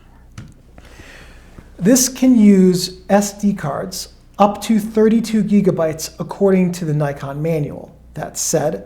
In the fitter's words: grab the card a new card and put it in and push it until it clicks to put it in place